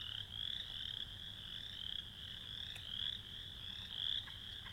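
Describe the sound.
Frog chorus of shrill, pulsing trills that rise and fall in irregular waves, a sharp click just before the three-second mark.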